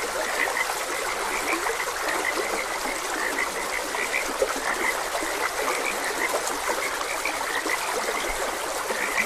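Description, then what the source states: Frogs croaking in a chorus, many short bright notes overlapping steadily throughout, over the constant rushing and trickling of a stream. Frogs croaking beside a gentle stream.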